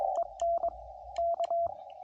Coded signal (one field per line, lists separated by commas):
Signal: Morse code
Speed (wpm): 20 wpm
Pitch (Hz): 680 Hz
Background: radio noise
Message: EN K